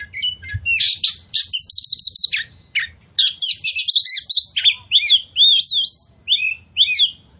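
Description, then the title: Oriental magpie-robin song of quick chattering trills and harsh notes, ending in sweet rising and falling whistles, with a faint low hum beneath. Persistent full-burst song, used as a lure to provoke other magpie-robins into fighting, fanning their tails and displaying. "KACER NGOTOT FULL TEMBAKAN. Pancingan Kacer Gacor Plong Plongan Buat Kacer Lain Auto Emosi Buka Ekor Ngobra"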